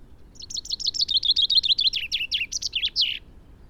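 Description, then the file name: Common chaffinch song: a rapid series of sharp, bright notes descending in steps and ending in a brief emphatic flourish, lasting about three seconds. "Fringilla coelebs"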